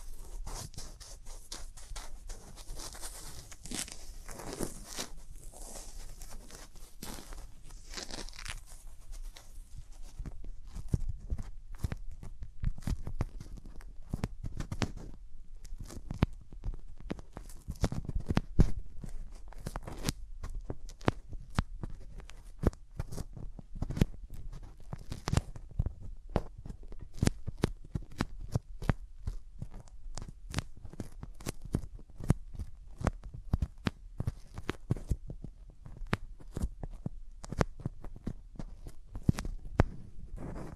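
Hands rub over ears in a dense, steady stream of soft scratchy rustles and quick taps, with deeper thuds joining after about ten seconds.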